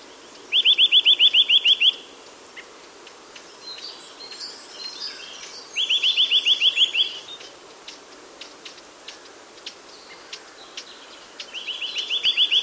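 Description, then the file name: Eurasian nuthatch calling in three rapid bursts of upslurred whistled notes, spaced several seconds apart, the last cut off at the end, with faint chips between them. "Sitta europaea"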